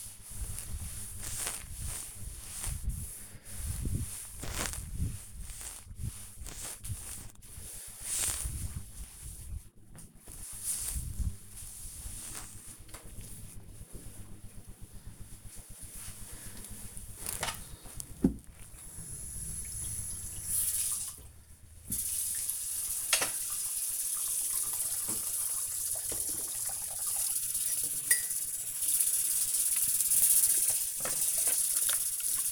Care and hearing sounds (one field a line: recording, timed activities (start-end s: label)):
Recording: household activities, microphone on the right wrist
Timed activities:
0.00-12.85 s: cleaning table
17.89-32.52 s: washing dishes